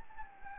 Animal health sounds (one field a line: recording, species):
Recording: mosquito wingbeat signal from an infrared sensor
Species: Anopheles gambiae